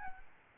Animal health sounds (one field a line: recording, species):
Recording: mosquito wingbeat signal from an infrared sensor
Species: Aedes albopictus